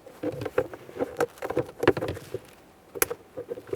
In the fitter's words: I again a nice click from that a little tug confirming it's properly secured